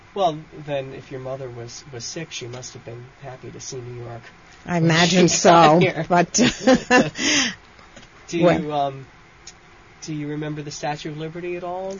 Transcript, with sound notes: Well, then, if your mother was this sick she must have been happy to see New York.
I imagine so. But... (she laughs)
Do you remember the Statue of Liberty at all?